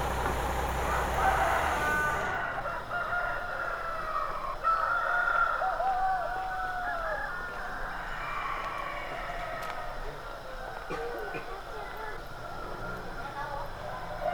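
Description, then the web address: Chicken: a rooster crowing, drawn-out wavering calls amid dense background noise, with a low vehicle rumble at the start. Cockerel at dawn in Bonito, a rural South American village. "BBC Sound Effects Library. Rural South America. Village Bonito Dawn With Cockerel"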